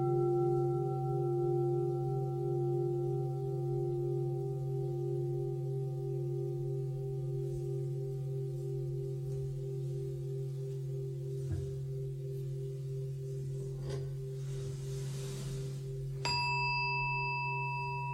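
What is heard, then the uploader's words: A singing bowl hums with a steady, layered drone, a strong low tone beneath several clear higher rings that hold almost unchanged. Faint soft taps come and go near the middle, and around sixteen seconds a fresh strike adds a bright, high ring that keeps sounding to the end. Bowl sound healing, ethereal.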